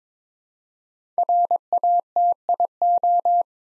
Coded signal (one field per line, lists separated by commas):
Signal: Morse code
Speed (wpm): 23 wpm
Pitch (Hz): 700 Hz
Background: none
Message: RATIO